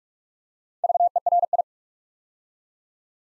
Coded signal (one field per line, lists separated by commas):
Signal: Morse code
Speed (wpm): 44 wpm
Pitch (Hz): 700 Hz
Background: none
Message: VERI